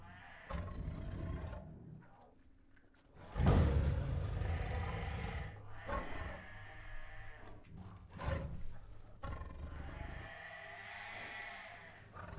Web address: Sound Ideas Tigers Restless with Growls, Huffs, Moans and Roars